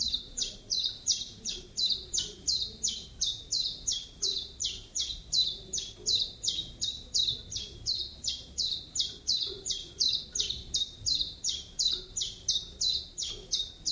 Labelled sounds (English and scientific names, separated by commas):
Common Chiffchaff (Phylloscopus collybita) song